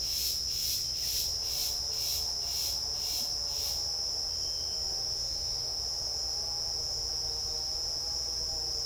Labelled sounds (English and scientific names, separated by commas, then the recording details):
none
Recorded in secondary vegetation near Puerto Asís, Putumayo, Colombia, on 12 March 2025 at 11:30
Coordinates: 0.488, -76.319
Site G095